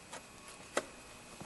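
During a throttle body replacement on a Ford F-series 5.4 or 4.6 engine, a previously removed electrical connector is pushed back onto its engine sensor until it snaps on, and it is then locked. A sharp click at 0.8 s marks the connector seating, with fainter ticks around 0.15 s and 1.4 s. The connector is seated.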